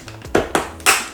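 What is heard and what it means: A second DDR5 memory module is aligned and pushed into its motherboard DIMM slot, and a sharp latch click is heard at 0.4 s. Two more loud, sharp clicks follow at about 0.6 s and 0.9 s over a low steady hum. The stick ends up seated in the slot.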